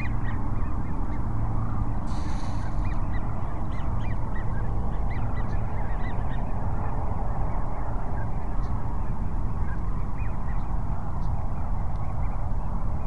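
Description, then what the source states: Sandhill cranes giving a constant chorus of rolling, overlapping calls, a brief hiss near two seconds, and a strong low rumble beneath. Several cranes at Cochise Lakes on 30 January 2019.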